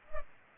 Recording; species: mosquito wingbeat signal from an infrared sensor; Culex pipiens